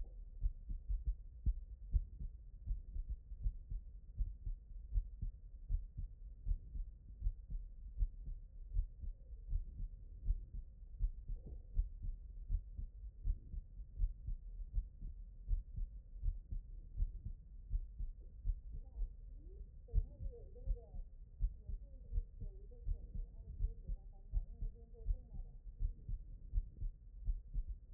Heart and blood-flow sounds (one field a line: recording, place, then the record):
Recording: heart sounds by stethoscope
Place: pulmonary valve (PV)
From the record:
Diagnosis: HFrEF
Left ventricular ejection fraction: 34%